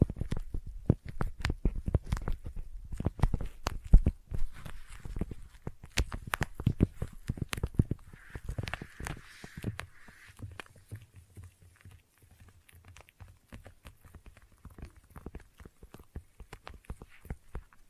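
Sticky tapping and trigger sounds: sharp, irregular taps and smacks come in dense flurries through the first ten seconds, then thin out and soften. Around eight to ten seconds a soft hissy rustle sits behind the taps, and a low hum lingers afterward.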